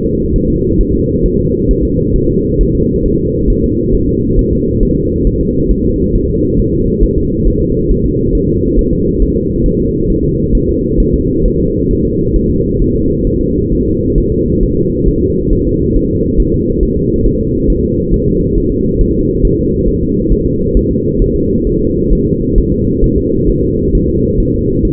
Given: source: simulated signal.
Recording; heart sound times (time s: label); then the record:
fetal heart sounds
0.06 s: S2
0.36 s: S1
0.50 s: S2
0.81 s: S1
0.95 s: S2
1.26 s: S1
1.40 s: S2
1.71 s: S1
1.85 s: S2
2.16 s: S1
2.30 s: S2
2.61 s: S1
2.75 s: S2
3.06 s: S1
3.20 s: S2
3.50 s: S1
3.64 s: S2
3.94 s: S1
4.09 s: S2
4.39 s: S1
4.53 s: S2
4.83 s: S1
4.97 s: S2
5.27 s: S1
5.41 s: S2
5.71 s: S1
5.86 s: S2
6.15 s: S1
6.30 s: S2
6.59 s: S1
6.74 s: S2
7.04 s: S1
7.18 s: S2
7.48 s: S1
7.62 s: S2
7.91 s: S1
8.06 s: S2
8.35 s: S1
8.49 s: S2
8.79 s: S1
8.93 s: S2
9.22 s: S1
9.36 s: S2
9.66 s: S1
9.80 s: S2
10.10 s: S1
10.24 s: S2
10.55 s: S1
10.69 s: S2
11.00 s: S1
11.14 s: S2
11.45 s: S1
11.60 s: S2
11.91 s: S1
12.05 s: S2
12.36 s: S1
12.50 s: S2
12.82 s: S1
12.96 s: S2
13.27 s: S1
13.41 s: S2
13.72 s: S1
13.87 s: S2
14.18 s: S1
14.32 s: S2
14.63 s: S1
14.77 s: S2
15.08 s: S1
15.23 s: S2
15.53 s: S1
15.67 s: S2
15.96 s: S1
16.11 s: S2
16.40 s: S1
16.54 s: S2
16.83 s: S1
16.97 s: S2
17.26 s: S1
17.40 s: S2
17.70 s: S1
17.84 s: S2
18.14 s: S1
18.28 s: S2
18.58 s: S1
18.72 s: S2
19.01 s: S1
19.15 s: S2
19.45 s: S1
19.59 s: S2
19.88 s: S1
20.03 s: S2
20.32 s: S1
20.46 s: S2
20.77 s: S1
20.91 s: S2
21.22 s: S1
21.36 s: S2
21.67 s: S1
21.81 s: S2
22.13 s: S1
22.27 s: S2
22.58 s: S1
22.72 s: S2
23.04 s: S1
23.18 s: S2
23.50 s: S1
23.64 s: S2
23.95 s: S1
24.09 s: S2
24.40 s: S1
24.54 s: S2
24.85 s: S1
From the record:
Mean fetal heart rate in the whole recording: 135 bpm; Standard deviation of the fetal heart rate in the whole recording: 3 bpm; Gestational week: 36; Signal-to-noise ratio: -10.2 dB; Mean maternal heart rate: 72 bpm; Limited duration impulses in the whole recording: present